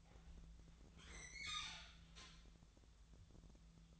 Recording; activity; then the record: daily activity, microphone in the room; open fridge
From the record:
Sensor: 3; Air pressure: 1000.1 hPa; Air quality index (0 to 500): 132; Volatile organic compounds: 2 ppm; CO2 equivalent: 1176 ppm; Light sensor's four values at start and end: 43/109/46/51 and 43/109/46/51